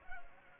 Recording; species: mosquito wingbeat signal from an infrared sensor; Culex pipiens